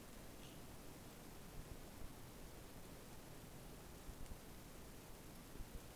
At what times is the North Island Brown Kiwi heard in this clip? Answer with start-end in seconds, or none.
none